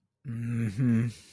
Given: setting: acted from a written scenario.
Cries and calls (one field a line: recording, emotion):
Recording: vocal sound without words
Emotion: contempt